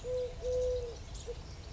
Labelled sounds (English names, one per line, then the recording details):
Eurasian Collared Dove
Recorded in Sonoma County, California